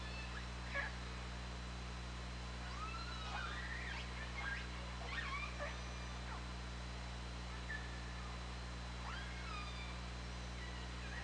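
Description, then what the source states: Killer whale calls, a series of rising and falling tonal sweeps scattered throughout over steady underwater hiss and low hum. Recorded on an OrcaLab hydrophone on 24 August 2017.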